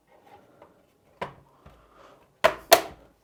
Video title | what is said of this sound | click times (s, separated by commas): PS5 Slim Disk Edition Unboxing 2024 📦📦📦 - PS5 Slim Disk Edition Unboxing in Pakistan | And you're going to have this click sound. | 2.7 s